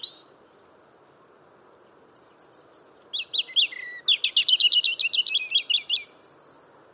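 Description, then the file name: European robin singing a high, varied phrase of quick tinkling notes building into a rapid jangling series, with a soft low background hum. "Erithacus rubecula"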